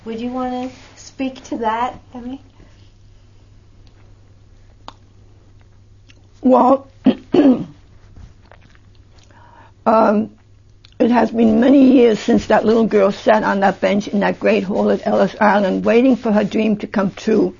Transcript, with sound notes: Would you want to speak to that Emmi?
Well, (clears throat) um, it has been many years since that little girl sat on that bench in that great hall at Ellis Island waiting for her dream to come true.